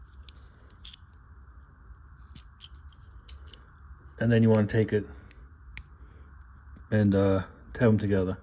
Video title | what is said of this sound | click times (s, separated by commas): TRANSFORMERS - SS Orion Pax from Transformers one the movie | You're going to hear it click into place. | 0.9 s